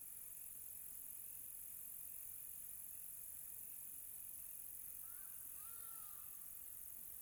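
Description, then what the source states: High, even cricket trill continuing steadily, with one short, soft call from another animal near the end. Quiet tropical night.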